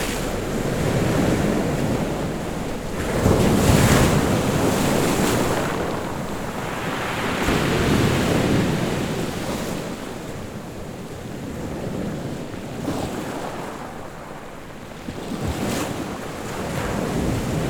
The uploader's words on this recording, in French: Un volcan sur la mer Stromboli, une île et un volcan mythique de la Méditerranée, parmi les îles Eoliennes au Nord de la Sicile. Carte postale sonore avec discrets traitements acoustiques.